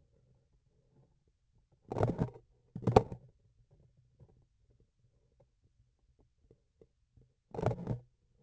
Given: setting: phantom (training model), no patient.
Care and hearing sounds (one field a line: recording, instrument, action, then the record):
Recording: laparoscopic instrument, vibration sensor on the handle end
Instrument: grasping forceps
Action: opening and closing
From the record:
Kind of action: tool actuation without material contact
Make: other than Olympus